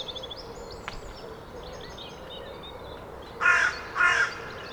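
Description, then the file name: Carrion crow giving two harsh caws near the end after a quiet stretch with faint background bird sounds. "Corvus corone"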